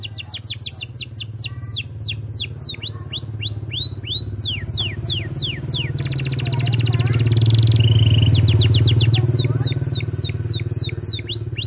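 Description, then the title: Canary song: long series of quick downward-sweeping whistles, a buzzy trill midway, then more whistles, over a loud low rumbling hum that swells and fades. Canary song in the cengkok mewah song pattern. "Cengkok Kenari Mewah. Suara kenari cengkok mewah"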